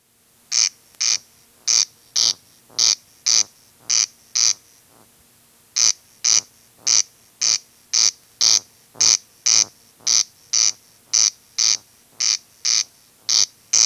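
Corncrake giving its dry, rasping call, harsh rasps repeated steadily, with one short pause near the five-second mark before the rhythm resumes.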